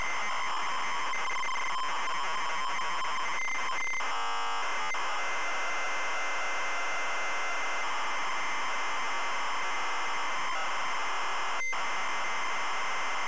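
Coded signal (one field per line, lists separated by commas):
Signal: ZX Spectrum tape loading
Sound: harsh continuous screeching data noise with buzzing harmonics, brief change midway, short dropout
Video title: ZX SPECTRUM Loading Avenger 1986 Gremlin Graphics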